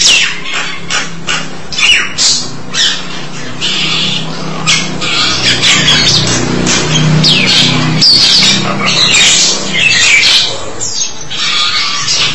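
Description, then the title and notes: Jalak (starling or myna) squawks: irregular harsh, grating bursts and squeaky whistles scattered over a steady low rumble. "suara burung jalak"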